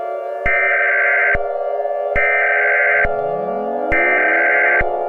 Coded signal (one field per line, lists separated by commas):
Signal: Emergency Alert System (SAME) tones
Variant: header bursts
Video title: EAS Scenario #3: Slender Man!